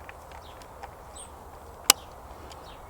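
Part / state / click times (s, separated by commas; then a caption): front action screw of a rifle stock, tightened with a torque wrench / torque reached / 1.9 s. After the centre bolt is done, a torque wrench tightens the front action bolt (screw) of a Hardy Hybrid Carbon Fibre lightweight precision hunting rifle's stock. Against a quiet background with a faint tick near 0.1 s, the wrench gives one sharp click at 1.9 s as it reaches its setting.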